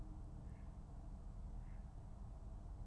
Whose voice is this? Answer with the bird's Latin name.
Anas platyrhynchos